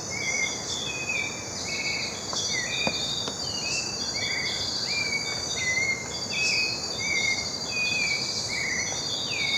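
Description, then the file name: White-necked thrush giving a run of brief whistled notes, irregularly spaced, over a constant shrill insect drone. "Turdus albicollis - White-necked Thrush"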